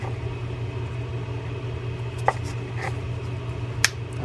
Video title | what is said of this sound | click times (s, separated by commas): Shimano Curado CU 201 low profile fishing reel how to take apart and service | again you want to make sure that it snaps in place | 2.3 s, 3.8 s